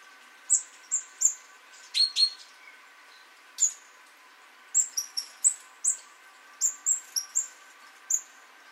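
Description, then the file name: Great tit uttering rapid thin high call notes in short irregular bursts, with a couple of lower, downward-sweeping notes early on; steady faint hiss underneath. "Parus major"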